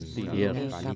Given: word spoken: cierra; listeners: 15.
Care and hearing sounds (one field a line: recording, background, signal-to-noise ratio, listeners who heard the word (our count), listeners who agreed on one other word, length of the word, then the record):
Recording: one Spanish word in noise, from a listening test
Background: four-talker babble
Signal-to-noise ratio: -0.7 dB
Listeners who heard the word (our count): 0 of 15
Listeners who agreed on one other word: 6 of 15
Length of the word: 0.56 s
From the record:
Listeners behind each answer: 6, 1, 1, 1, 1, 1, 1, 1, 1, 1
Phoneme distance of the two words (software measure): 51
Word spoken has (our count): 2 syllables, 5 phonemes, stress on syllable 1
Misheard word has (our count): 3 syllables, 8 phonemes, stress on syllable 2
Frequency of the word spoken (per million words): 23.40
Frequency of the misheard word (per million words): 3.21